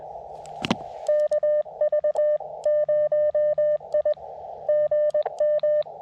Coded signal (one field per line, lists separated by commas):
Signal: Morse code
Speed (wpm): 20 wpm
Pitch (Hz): 590 Hz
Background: none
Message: KV0I GM